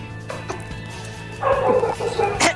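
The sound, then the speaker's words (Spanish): Dogs bark in short, sharp yaps, a couple of quick ones first, then a louder cluster of overlapping barks and a final bark, over a steady low hum. “Y sigamos mientras los inus ladran.”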